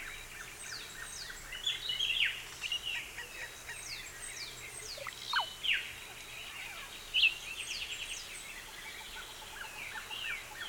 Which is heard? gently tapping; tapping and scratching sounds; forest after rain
forest after rain